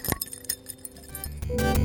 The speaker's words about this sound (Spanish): ¿A qué les suena? Bueno, ¡descubrámoslo! Las llaves.